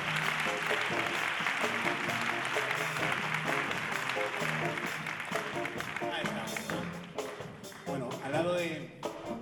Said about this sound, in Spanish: un aplauso para él.